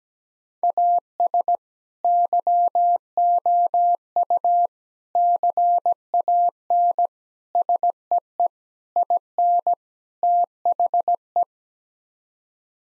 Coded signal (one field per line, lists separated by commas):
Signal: Morse code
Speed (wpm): 17 wpm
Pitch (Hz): 700 Hz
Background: none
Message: AS YOU CAN SEE IN THE